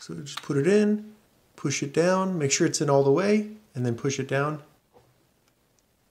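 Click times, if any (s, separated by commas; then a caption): none. Someone talks while a SO-DIMM RAM module is being put into the laptop memory slot of a Lenovo Legion 5 (15IMH05H), inserted all the way in and pushed down. The speech stops around 4.7 s, followed by near silence with two very faint ticks near 5.5 s and 5.8 s. The module has not yet snapped in or seated when the clip ends.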